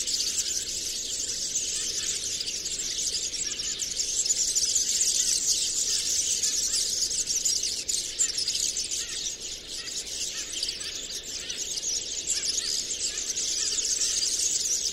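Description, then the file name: European serin singing a long, unbroken stream of thin, high, rapidly jingling notes that swells slightly in the middle, with no other clear sounds. Recorded on 22 January 2017 at Binsham. "Girlitz. Binsham. Susanne Rieck"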